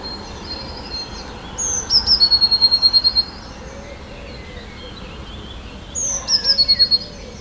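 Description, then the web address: Eurasian blue tit song, twice: thin high notes slide down into a rapid trill. "wroblowe teka spiew. modraszkoteka"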